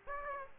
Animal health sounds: mosquito wingbeat signal from an infrared sensor; Aedes aegypti

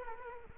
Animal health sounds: mosquito wingbeat signal from an infrared sensor; Culex quinquefasciatus

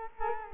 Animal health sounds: mosquito wingbeat signal from an infrared sensor; Culex quinquefasciatus

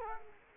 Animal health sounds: mosquito wingbeat signal from an infrared sensor; Culex quinquefasciatus

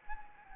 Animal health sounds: mosquito wingbeat signal from an infrared sensor; Anopheles gambiae

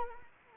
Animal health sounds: mosquito wingbeat signal from an infrared sensor; Anopheles arabiensis

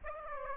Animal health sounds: mosquito wingbeat signal from an infrared sensor; Aedes aegypti

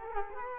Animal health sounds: mosquito wingbeat signal from an infrared sensor; Culex quinquefasciatus

